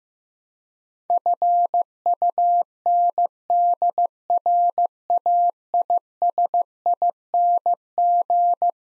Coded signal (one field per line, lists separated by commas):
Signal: Morse code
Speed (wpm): 16 wpm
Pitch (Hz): 700 Hz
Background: none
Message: FUNDRAISING